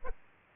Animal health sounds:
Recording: mosquito wingbeat signal from an infrared sensor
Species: Aedes aegypti

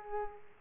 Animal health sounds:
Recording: mosquito wingbeat signal from an infrared sensor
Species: Aedes aegypti

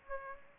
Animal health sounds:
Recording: mosquito wingbeat signal from an infrared sensor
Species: Aedes aegypti

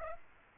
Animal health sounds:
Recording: mosquito wingbeat signal from an infrared sensor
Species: Aedes aegypti

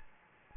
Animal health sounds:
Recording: mosquito wingbeat signal from an infrared sensor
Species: Anopheles gambiae

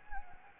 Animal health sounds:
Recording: mosquito wingbeat signal from an infrared sensor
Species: Anopheles gambiae

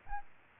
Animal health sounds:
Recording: mosquito wingbeat signal from an infrared sensor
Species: Aedes aegypti

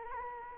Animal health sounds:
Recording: mosquito wingbeat signal from an infrared sensor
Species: Anopheles arabiensis

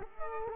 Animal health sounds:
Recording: mosquito wingbeat signal from an infrared sensor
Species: Culex quinquefasciatus

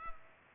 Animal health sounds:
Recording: mosquito wingbeat signal from an infrared sensor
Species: Culex pipiens

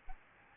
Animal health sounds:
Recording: mosquito wingbeat signal from an infrared sensor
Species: Aedes albopictus

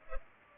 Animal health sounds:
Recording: mosquito wingbeat signal from an infrared sensor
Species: Culex pipiens

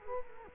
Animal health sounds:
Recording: mosquito wingbeat signal from an infrared sensor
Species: Culex quinquefasciatus

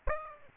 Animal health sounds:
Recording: mosquito wingbeat signal from an infrared sensor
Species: Aedes aegypti

